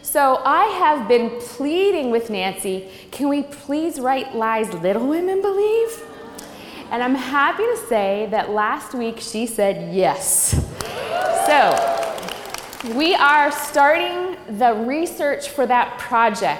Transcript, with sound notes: I have been pleading with Nancy, "Can we please write Lies Little Women Believe?" I'm happy to say that last week she said, "Yes." [applause and cheers] So we are starting the research for that project.